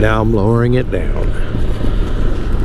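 The flip-up chin bar of a Shoei Neotec II modular motorcycle helmet is lowered toward its side locking mechanism while someone talks over a steady low hum. Nothing has latched or clicked yet; the chin bar is not yet locked closed.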